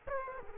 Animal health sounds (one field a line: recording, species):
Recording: mosquito wingbeat signal from an infrared sensor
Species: Culex quinquefasciatus